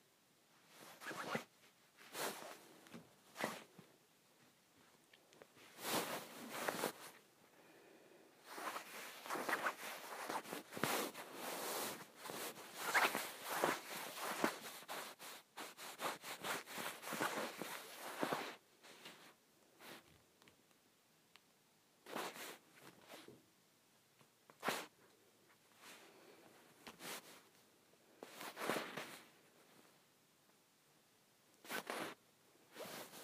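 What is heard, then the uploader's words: Fingernails scratch at a pillow in short, rasping strokes, each a dry scuff with a bright hiss. Bursts come in quick runs of a few strokes with pauses between, thickening into a dense, almost continuous scratching from about 8 to 18 seconds, then thinning out again. ASMR Scratching my Pillow.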